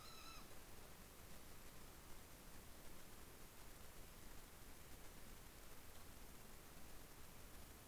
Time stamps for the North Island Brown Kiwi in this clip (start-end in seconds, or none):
none